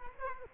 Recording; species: mosquito wingbeat signal from an infrared sensor; Culex quinquefasciatus